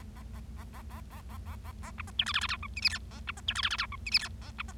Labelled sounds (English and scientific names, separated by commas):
Bengalese Finch (Lonchura striata domestica) song